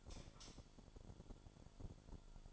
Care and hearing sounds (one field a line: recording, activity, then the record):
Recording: daily activity, microphone in the room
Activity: light off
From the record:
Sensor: 5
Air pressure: 1008.0 hPa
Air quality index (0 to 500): 105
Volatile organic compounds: 1 ppm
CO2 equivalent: 818 ppm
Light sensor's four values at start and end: 32/74/30/30 and 32/74/30/29